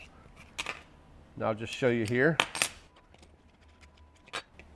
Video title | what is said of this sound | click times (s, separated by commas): Collets and Safety Collets - How To Use 1/8" Accessories with a 1/4" Collet Die Grinder | so this collet doesn't lock into that collar you can push it up there and it just falls out | none